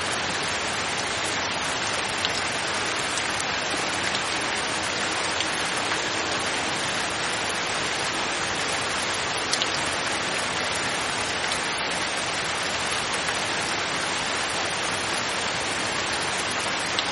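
Heavy rain pours down in a dense, unbroken hiss that holds steady for the whole clip. The sound is bright, with faint individual drop ticks flickering through the wash and only a soft low rumble underneath.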